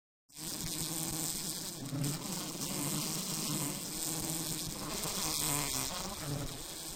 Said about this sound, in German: Das Picknick im Grünen, die Kaffeetafel auf der Terrasse, die laue Nacht am See und immer dieses Summen. Wespen, Fliegen, Mücken und Co. machen den Sommer zur Qual.